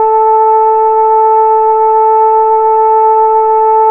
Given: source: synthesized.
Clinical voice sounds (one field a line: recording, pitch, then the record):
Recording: sustained vowel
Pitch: 440 Hz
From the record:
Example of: Parkinson's disease, moderate (G4)